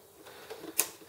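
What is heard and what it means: A continuous ink system (CISS) cartridge block is pressed down into the carriage of an Epson Expression XP-202/XP-205 inkjet printer onto its locating lugs, with faint handling rustles beforehand. A sharp click at 0.8 s marks the block seating on the lugs, which it must do or the printer reports the cartridges as not recognized.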